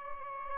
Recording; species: mosquito wingbeat signal from an infrared sensor; Aedes albopictus